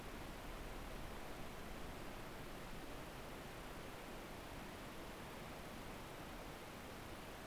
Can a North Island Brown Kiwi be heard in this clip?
no